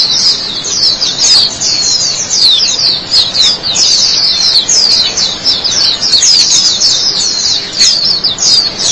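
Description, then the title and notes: White-eye song: loud, high, twittering chirps poured out continuously in quick slurred phrases. "Suara kicauan burung pleci"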